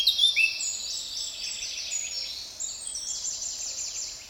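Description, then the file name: Eurasian blackcap opening with a couple of sharp bright notes, then a fast, dense, high twittering warble that slowly fades. "Sylvia atricapilla"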